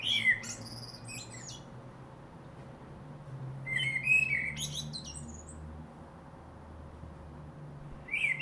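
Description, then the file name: Common blackbird singing in spaced bursts, each a mellow whistled motif trailing into scratchy high twitters, with quiet gaps and a low background rumble. "Turdus merula"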